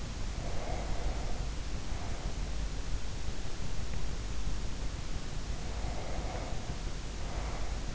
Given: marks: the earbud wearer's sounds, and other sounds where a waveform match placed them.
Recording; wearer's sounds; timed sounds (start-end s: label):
sounds in sleep by an in-ear microphone; breath
0.05-2.76 s: breath
5.13-7.95 s: breath